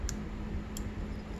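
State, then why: Seated. A metal piston pin circlip on a 2003 Honda CR85R engine top end is worked around into the groove of the piston pin bore, and the last end is pushed in with a fingernail. Two short, sharp metallic clicks are heard at 0.1 s and 0.8 s over a steady low hum, as the circlip snaps into its groove and seats in place.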